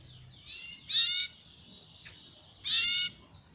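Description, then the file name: Belgian canary song of two loud buzzy bursts about two seconds apart, joined by a thin high continuous trill. Copper-coloured Belgian canary. "canto do canario belga cobre"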